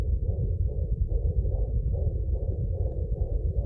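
Fetal heartbeat heard through a home fetal Doppler: a medical maternity sound that does not exist in nature.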